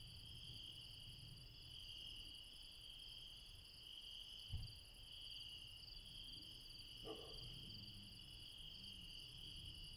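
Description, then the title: Insects in a steady night chorus, several high continuous trilling bands layered together, with a faint thump and a brief soft sound partway through. Insects late at night in the mountains at Refuge Krevatia, Barbala, Dion, Greece. "Refuge Krevatia, Μπαρμπαλά, Dion 601 00, Greece - Late night mountain insects"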